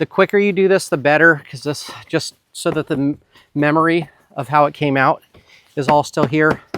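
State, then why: Not seated. Someone talks while plastic interior trim and headliner pieces in a Cybertruck roof are handled before being pressed back into their clips. Nothing has seated or clicked yet.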